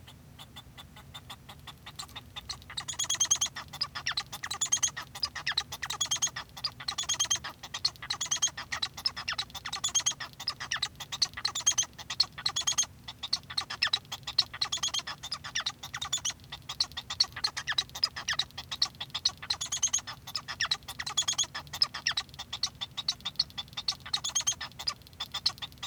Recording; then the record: song of a male Bengalese finch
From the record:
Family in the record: son of father 1